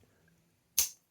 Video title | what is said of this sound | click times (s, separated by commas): My 🇪🇺 European 🇪🇺 knife collection. | listen to that snap | 0.8 s